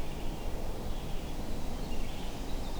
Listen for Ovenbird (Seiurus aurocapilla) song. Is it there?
no